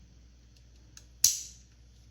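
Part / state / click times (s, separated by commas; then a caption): rear plastic case onto car key fob body / seated / 1.2 s. After a battery change, the plastic rear case of a Mercedes car key fob is pressed back onto the fob body without touching the button. Two faint ticks near 0.6 and 1.0 s are followed by one sharp, loud snap at 1.3 s that rings briefly and fades. The case clicks into place and is seated.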